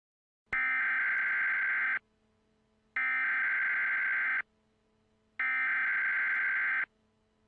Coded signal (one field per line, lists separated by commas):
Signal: Emergency Alert System (SAME) tones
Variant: header bursts